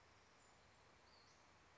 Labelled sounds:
Western Flycatcher
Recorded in Sonoma County, California

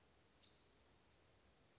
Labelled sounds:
Spotted Towhee
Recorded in Sonoma County, California

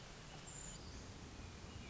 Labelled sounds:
Hermit Thrush
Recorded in Sonoma County, California

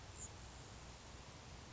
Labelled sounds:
Grasshopper Sparrow
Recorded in Sonoma County, California

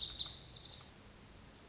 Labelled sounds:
Lazuli Bunting
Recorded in Sonoma County, California

